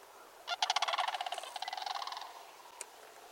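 Sandhill Crane call, a rolling, rattling bugle of rapid pulses lasting under two seconds.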